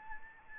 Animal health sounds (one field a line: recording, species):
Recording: mosquito wingbeat signal from an infrared sensor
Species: Aedes albopictus